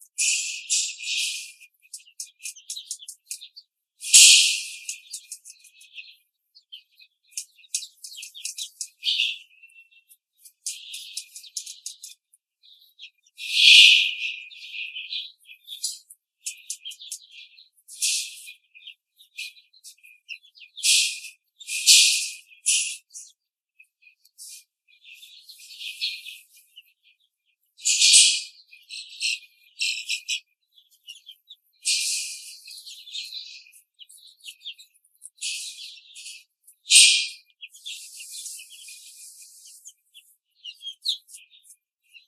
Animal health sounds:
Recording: young laying hens in a cage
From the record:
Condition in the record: control cage, after the stress test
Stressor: none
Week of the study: 4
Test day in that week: 3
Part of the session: 1

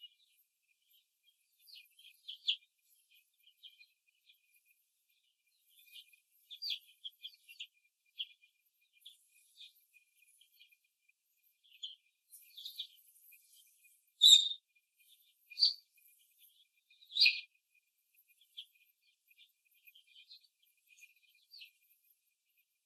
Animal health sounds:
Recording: young laying hens in a cage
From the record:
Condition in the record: after the stressor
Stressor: simulated dog barking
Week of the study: 2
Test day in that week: 2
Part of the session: 1

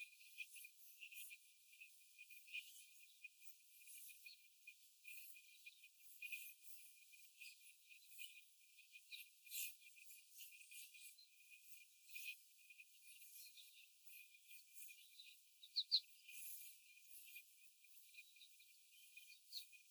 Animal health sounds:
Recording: young laying hens in a cage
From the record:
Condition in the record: before the stressor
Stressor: simulated dog barking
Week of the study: 4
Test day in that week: 1

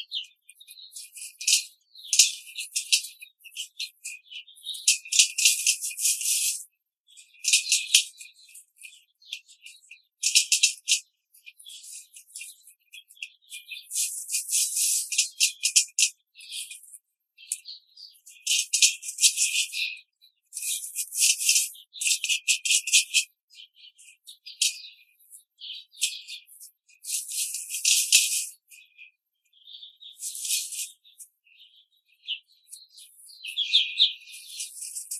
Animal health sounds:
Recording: young laying hens in a cage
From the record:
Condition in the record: control cage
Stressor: none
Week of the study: 5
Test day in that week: 1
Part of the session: 4

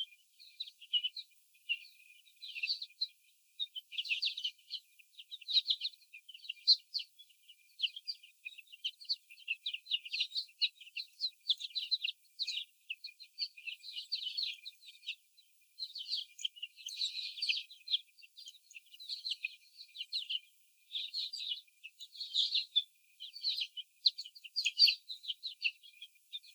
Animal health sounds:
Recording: young laying hens in a cage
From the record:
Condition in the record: before the stressor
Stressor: sudden umbrella opening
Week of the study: 3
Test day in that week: 2

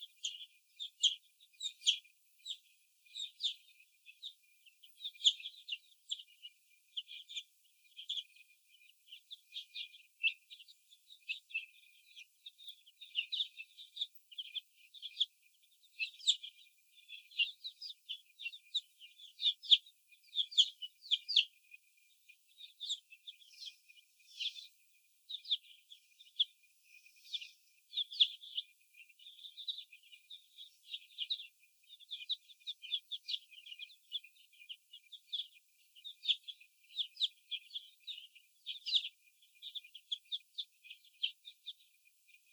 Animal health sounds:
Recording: young laying hens in a cage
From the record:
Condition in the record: before the stressor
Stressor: sudden umbrella opening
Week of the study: 2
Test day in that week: 1

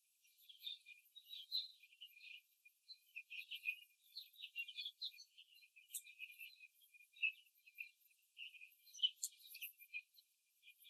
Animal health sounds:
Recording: young laying hens in a cage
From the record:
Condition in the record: before the stressor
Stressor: simulated dog barking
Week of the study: 3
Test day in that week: 2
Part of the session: 1

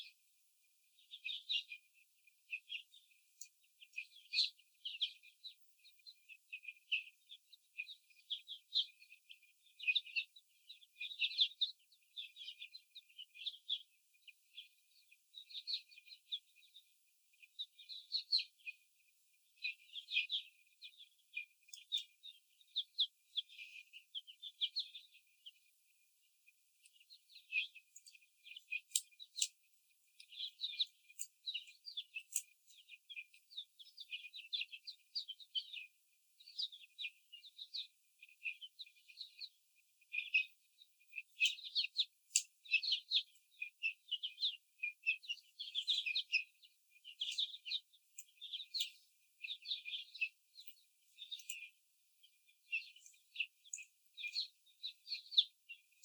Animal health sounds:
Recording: young laying hens in a cage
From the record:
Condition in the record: before the stressor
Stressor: simulated dog barking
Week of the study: 4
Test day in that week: 2

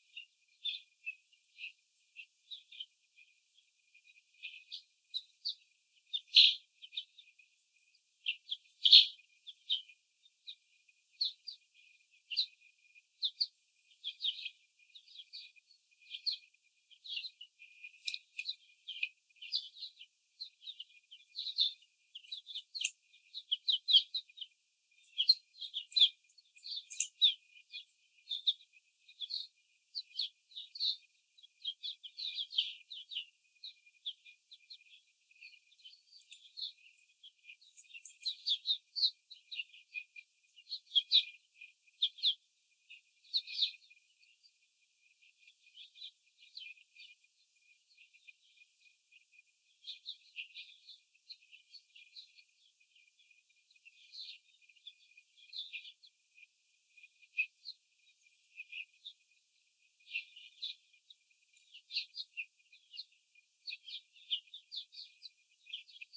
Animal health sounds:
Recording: young laying hens in a cage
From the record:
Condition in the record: after the stressor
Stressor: simulated dog barking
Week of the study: 4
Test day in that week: 3

